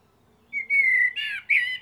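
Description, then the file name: Common blackbird giving a short, mellow fluted whistle that slides slightly downward, followed by two richer warbled notes. "Turdus merula"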